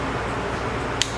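A click-type torque wrench tightens a steel cylinder head bolt of a Yamaha YFZ450 ATV engine, working on the bolt diagonal to the previous one. A steady background hum runs throughout until a sharp, short click at 1.0 s, when the wrench clicks at its set torque, confirming the bolt is tightened.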